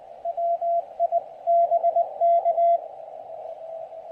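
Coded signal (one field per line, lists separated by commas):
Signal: Morse code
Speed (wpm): 20 wpm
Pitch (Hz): 680 Hz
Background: radio noise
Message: WIBK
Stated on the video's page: POTA activation on CW at 3 watts QRP, using an MTR-3B transceiver with an end-fed half-wave antenna in Pisgah National Forest.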